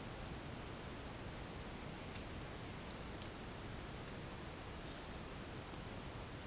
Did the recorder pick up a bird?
no